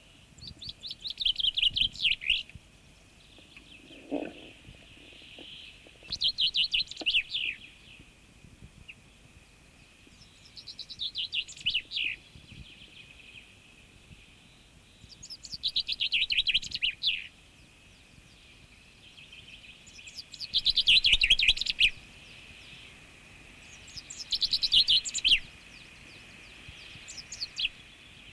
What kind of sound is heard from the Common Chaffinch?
song